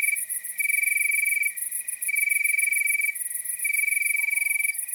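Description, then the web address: Cricket chirping in high trilled bursts of about a second, alternating with short quieter pauses, and a faint falling tone near the end. Nocturnal wasteland soundscape at night. "Nature Chill Out 2014. Toads, Nighthawks and Crickets"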